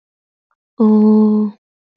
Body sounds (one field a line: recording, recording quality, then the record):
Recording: sustained vowel as in boot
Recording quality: excellent, no background noise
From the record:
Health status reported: healthy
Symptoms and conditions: sore throat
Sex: female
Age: 20 years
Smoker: not ticked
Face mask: not worn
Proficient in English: yes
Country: India